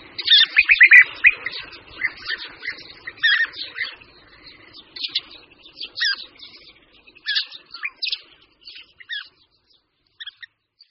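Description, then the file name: European bee-eater calls: many chirps in quick overlapping bursts, loud early, then sparser and fading toward the end. "Vlha-pestrá"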